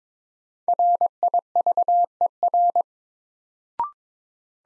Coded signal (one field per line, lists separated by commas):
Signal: Morse code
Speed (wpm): 22 wpm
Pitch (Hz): 700 Hz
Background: none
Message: RIVER